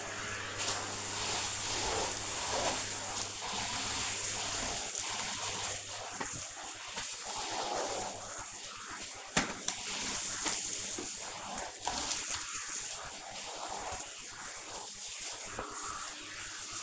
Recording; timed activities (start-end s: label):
household activities, microphone on the right wrist
0.00-16.83 s: vacuum cleaning